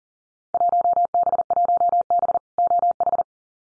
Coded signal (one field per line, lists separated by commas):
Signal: Morse code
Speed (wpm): 39 wpm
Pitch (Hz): 700 Hz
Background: none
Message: 1B1B OH